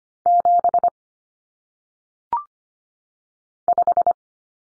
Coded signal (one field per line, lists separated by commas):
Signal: Morse code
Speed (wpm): 25 wpm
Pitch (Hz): 700 Hz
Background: none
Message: 7 5